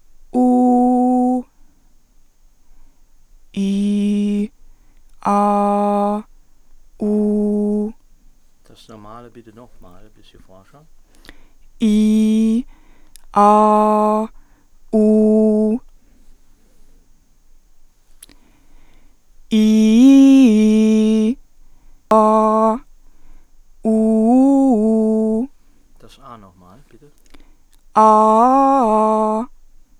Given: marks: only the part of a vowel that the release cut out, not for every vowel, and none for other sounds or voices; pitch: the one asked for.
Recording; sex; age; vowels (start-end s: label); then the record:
sustained vowels; female; 20 to 29 years
0.46-1.28 s: vowel /u/, high pitch
3.66-4.35 s: vowel /i/, low pitch
5.35-6.08 s: vowel /a/, low pitch
7.08-7.79 s: vowel /u/, low pitch
19.63-20.44 s: vowel /i/, low-high-low pitch
24.06-25.23 s: vowel /u/, low-high-low pitch
28.11-29.24 s: vowel /a/, low-high-low pitch
From the record:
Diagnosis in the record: healthy voice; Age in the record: 22 years